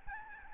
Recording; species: mosquito wingbeat signal from an infrared sensor; Aedes albopictus